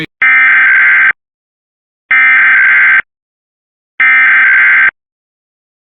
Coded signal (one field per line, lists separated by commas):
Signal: Emergency Alert System (SAME) tones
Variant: header bursts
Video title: (EAS #117) Required Monthly Test in MD (Sep 24th 2025)